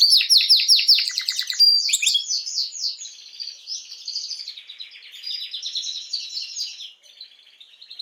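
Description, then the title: Canary song opening with loud fast sweeping rolls, then fading into softer continuous warbling chatter. Belgian canary male named Raiden singing a lot; meant to warm up young birds. "Esquente Seu Filhote E Canario Belga Macho Cantando Muito. Canrio Belga RAIDEN Cantando Muito - Esquente seu Canrio Belga"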